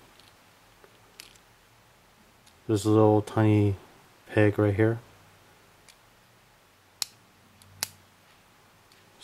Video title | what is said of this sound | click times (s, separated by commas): Getter Robo Version 2.0 Transformable Studio Halfeye Resin | snaps right in | 7.0 s, 7.8 s